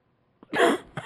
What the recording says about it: It's tame compared to that kind of coughing. You're choking. You're a coughing hazard right now. You don't sound good, big fella.